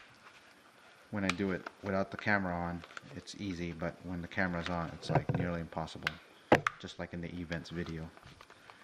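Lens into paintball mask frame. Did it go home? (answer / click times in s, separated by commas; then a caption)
no / none. Someone talks while pushing a plastic lens onto the retaining hook of an i4 paintball mask frame. A few faint, sharp handling ticks come near the end. Nothing has seated or snapped in yet, as the clip stops just before the lens goes home.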